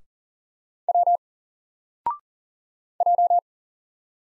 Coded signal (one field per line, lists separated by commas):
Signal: Morse code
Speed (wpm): 42 wpm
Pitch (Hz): 700 Hz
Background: none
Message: W J